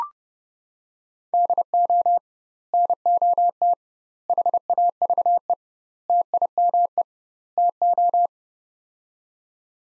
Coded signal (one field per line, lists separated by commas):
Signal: Morse code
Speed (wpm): 30 wpm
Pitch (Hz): 700 Hz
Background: none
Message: DO NOT HAVE TIME TO